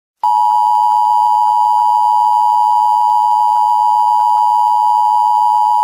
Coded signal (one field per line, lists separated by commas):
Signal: Emergency Alert System (SAME) tones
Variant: 853 and 960 Hz attention tone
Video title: EAS Scenario #1: Change of Heart